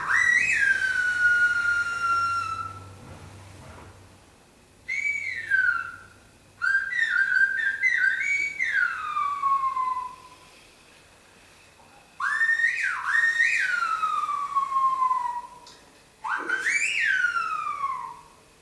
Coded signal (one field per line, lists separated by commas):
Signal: whistled language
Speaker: aquí le voy a colocar un ejemplo de lo que es el lenguaje celular, Otraito. Bueno, como verán, eh ellos tienen su su propio sistema, ¿no?, de habla, de comunicación. Eh, como verán, también ellos utilizan diferentes técnicas para este lenguaje, ¿no? Entonces, ellos para llamar, para hablar,